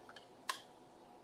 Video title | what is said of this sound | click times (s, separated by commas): DWC2440 CNC Carver (DEMO) | and so it just snaps into place uh for easy removal and everything | 0.5 s